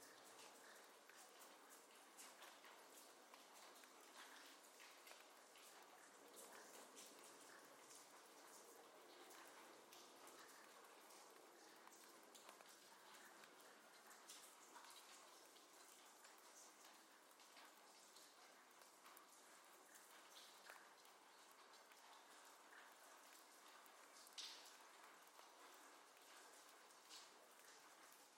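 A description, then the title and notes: Rain falls steadily throughout, a dense, even hiss of countless small drops with a bright, crackling texture. Individual patters flicker through the wash, and one slightly sharper drop or tap stands out around twenty-four seconds. Little low rumble underneath. Sleep Meditation - Rain.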